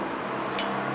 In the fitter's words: and it snaps right in place just like that